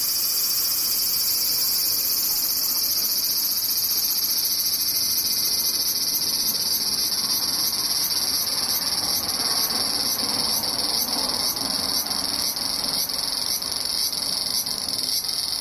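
Cicadas drone in a dense, steady, high-pitched chorus, and a rapid regular pulsing emerges after several seconds over a faint low rumble.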